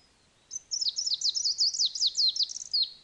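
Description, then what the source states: Greenish warbler singing a quick, high-pitched, tumbling phrase of sharp descending notes, about two and a half seconds long, with a quiet background. Subspecies viridanus; song.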